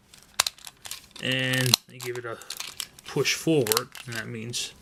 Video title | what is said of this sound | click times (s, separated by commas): TransFormers MasterPiece MP-17 KO..Prowl..Review | If we did it right, we should just pop the doors in like so. | 0.4 s